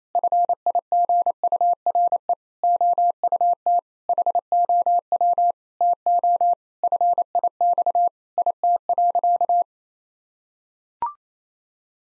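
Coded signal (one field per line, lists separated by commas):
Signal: Morse code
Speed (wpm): 28 wpm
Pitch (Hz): 700 Hz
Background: none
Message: FIGURE OUT HOW TO FIX IT.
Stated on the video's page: Morse practice sentences of common six-word phrases at 28 wpm, each sent, then spoken, then sent again; first words spoken beforehand.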